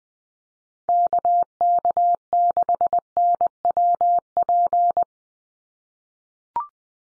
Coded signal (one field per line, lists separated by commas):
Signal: Morse code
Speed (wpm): 20 wpm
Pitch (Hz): 700 Hz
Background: none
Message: KK6NWP